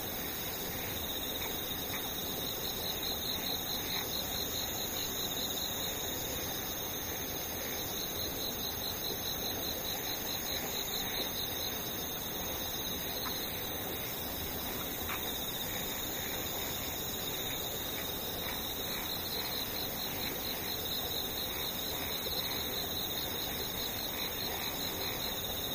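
Insects trill without pause in a steady, high-pitched whine, with thinner shrill layers above it, holding the same level for the whole stretch. A soft low hiss runs underneath, and a couple of faint clicks stand out briefly near the middle.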